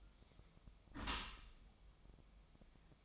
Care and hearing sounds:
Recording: daily activity, microphone in the room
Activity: close dishwasher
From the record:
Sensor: 1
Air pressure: 1004.7 hPa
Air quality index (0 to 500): 117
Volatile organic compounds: 4 ppm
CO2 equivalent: 1622 ppm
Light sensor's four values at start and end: 9/21/8/9 and 9/21/8/9

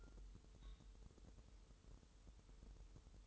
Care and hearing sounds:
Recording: daily activity, microphone in the room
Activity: take from stove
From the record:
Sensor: 3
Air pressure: 988.2 hPa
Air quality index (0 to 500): 191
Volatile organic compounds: 267 ppm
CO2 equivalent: 4405 ppm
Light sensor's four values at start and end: 24/75/31/27 and 24/75/31/27

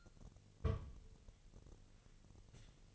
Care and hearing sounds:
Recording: daily activity, microphone in the room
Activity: place on stove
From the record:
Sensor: 4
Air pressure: 1000.2 hPa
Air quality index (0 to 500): 217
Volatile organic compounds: 23 ppm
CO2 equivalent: 2796 ppm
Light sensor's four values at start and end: 9/20/8/8 and 9/20/8/8

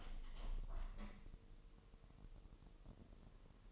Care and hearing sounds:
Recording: daily activity, microphone in the room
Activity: open window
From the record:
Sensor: 4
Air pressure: 1000.9 hPa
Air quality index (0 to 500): 244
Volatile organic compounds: 42 ppm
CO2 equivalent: 3176 ppm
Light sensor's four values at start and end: 9/20/8/7 and 9/21/8/8

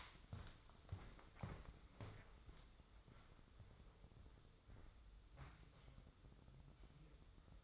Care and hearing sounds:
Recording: daily activity, microphone in the room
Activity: walk to room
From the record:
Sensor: 3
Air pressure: 995.5 hPa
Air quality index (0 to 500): 83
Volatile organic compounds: 7 ppm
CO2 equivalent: 1996 ppm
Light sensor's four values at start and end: 25/76/32/27 and 27/82/34/29

